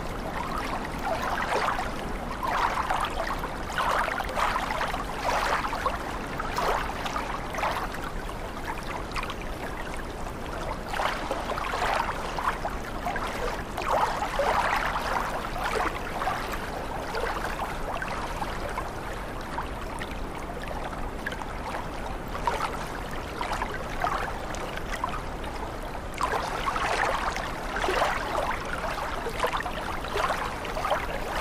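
Water sounds fill the recording with a steady, dense wash, with splashy bursts in the middle range swelling and fading every second or two. A low rumble runs underneath throughout, and the texture hardly changes across the whole half minute.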